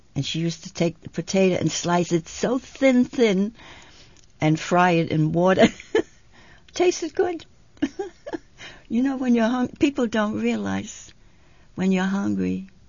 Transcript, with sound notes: And she used to take the potato and slice it so thin, thin, and fry it in water. It tasted good. ( she laughs ) You know, when you're hungry, people don't realize when you're hungry